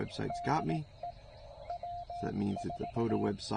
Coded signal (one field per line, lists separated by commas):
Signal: Morse code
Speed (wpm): 18 wpm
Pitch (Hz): 700 Hz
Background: speech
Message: DE W4